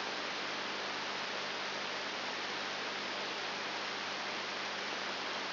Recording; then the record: brain microelectrode recording played as sound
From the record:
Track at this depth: inside the subthalamic nucleus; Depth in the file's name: 3.901 mm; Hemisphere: left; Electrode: 3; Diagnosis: Parkinson's disease